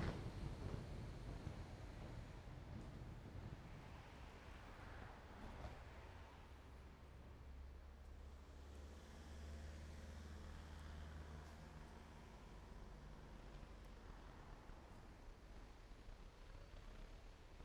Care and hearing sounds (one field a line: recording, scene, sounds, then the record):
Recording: everyday scene through a hearing-aid microphone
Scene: in traffic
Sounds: traffic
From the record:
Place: main road on the outskirts, rush hour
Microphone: behind the ear, right, front